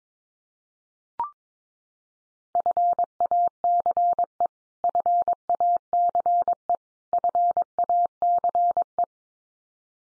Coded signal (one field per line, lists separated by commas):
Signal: Morse code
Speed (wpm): 22 wpm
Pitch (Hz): 700 Hz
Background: none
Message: FACE FACE FACE